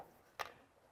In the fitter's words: Wait for the click. There it is. Awesome.